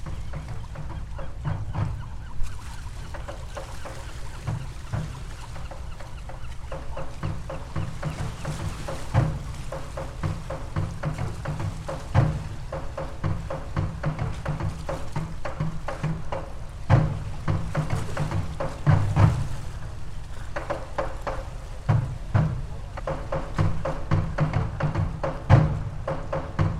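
A creaky boat rocks on the water, with a steady low rumble underneath and frequent sharp clicks and creaks scattered throughout. Stronger thumps land every few seconds, around the middle and toward the end, and faint bird-like calls appear in the mix.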